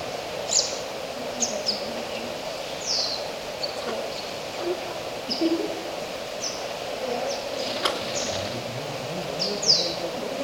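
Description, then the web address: Oilbird calls: spaced high downslurred squeals and a few sharp clicks, repeated every second or so, over low steady hum. "sound Oilbird. صدای-مرغ-روغنی"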